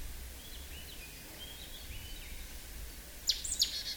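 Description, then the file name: Great tit calls: a pair of sharp, high clicking notes near the end, after a stretch of soft, faint warbling notes over low background hum. "Parus major"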